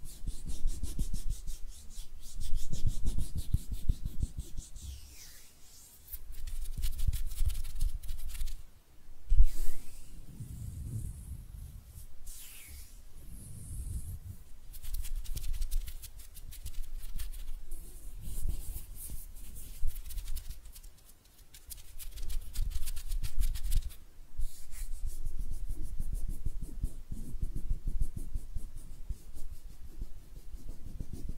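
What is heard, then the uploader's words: Hand sounds: continuous rubbing and brushing of skin, with rough scratchy strokes that swell and fade every second or two. Low thumping friction runs underneath, with brief pauses near 6, 9 and 21 seconds and a sharper tap around 9 seconds. ASMR Relaxing Hand Sounds (No Talking).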